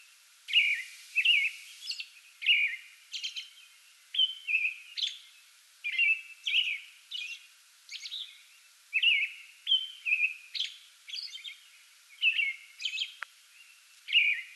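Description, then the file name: American robin singing continuously, a long series of short whistled carols and high squeaky notes at a quick, uneven pace, with one faint click near the end. Singing before dawn from a small tree in a front yard, 8 May 2022. "2022-05-08 American Robin pre-dawn singing from small tree in front yard"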